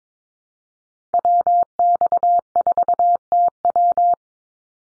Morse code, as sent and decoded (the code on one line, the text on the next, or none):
.-- -..- ....- - .--
WX4TW